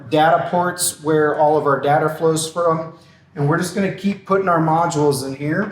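Someone talks while magnetic LED video wall modules are handled at a rental panel frame with data ports, ready to be put on. No module has seated or clicked into place yet.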